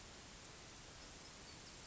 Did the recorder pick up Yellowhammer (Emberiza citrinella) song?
no